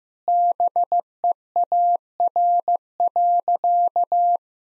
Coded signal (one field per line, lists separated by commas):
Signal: Morse code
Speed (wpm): 16 wpm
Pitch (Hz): 700 Hz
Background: none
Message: BEAR.